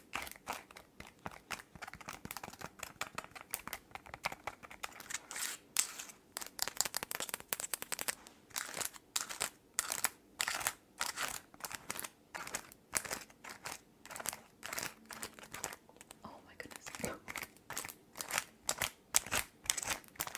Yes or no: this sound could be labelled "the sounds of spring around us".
no